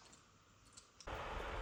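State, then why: Seated. Pressing a white plastic reflector sheet down around each LED lens on a TV backlight strip produces two sharp clicks at 0.8 s and 1.0 s as the sheet falls into place behind the lens. The sheet seats, and a louder broadband rustling noise follows from about 1.1 s onward.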